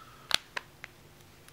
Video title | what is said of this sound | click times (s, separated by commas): Lightahead LA900 DEMO | just press it gently from all four sides until you hear a click | 0.3 s, 0.6 s, 0.8 s